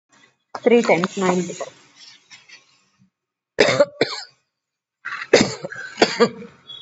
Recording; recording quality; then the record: shallow voluntary cough; moderate, slight background noise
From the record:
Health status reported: COVID-19 positive, mild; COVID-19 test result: positive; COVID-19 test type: RT-PCR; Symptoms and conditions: cough, cold, fatigue, muscle pain, hypertension, diabetes, another condition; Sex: female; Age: 72 years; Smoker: no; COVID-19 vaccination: both doses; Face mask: not worn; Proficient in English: yes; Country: India